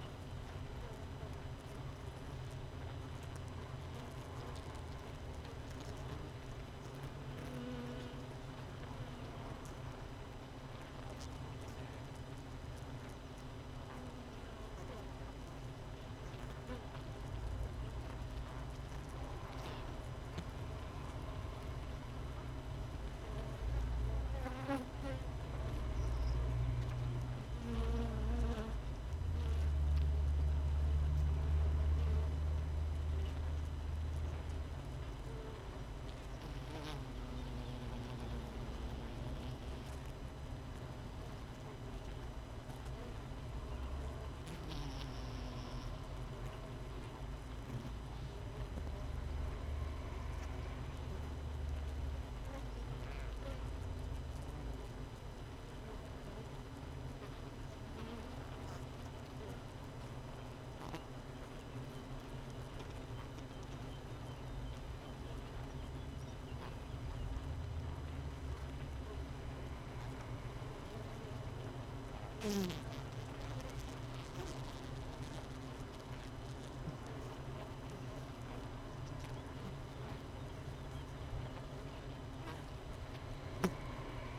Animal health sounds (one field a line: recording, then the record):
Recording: honeybee colony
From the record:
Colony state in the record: missing queen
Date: 31 May 2018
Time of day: 6:33